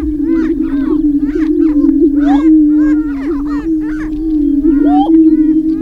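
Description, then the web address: Greater prairie chickens booming, a steady low moaning drone overlaid with many quick arching cackles, whoops and squeaky calls from several birds throughout. "Laura's Natural Sounds Greater Prairie Chicken"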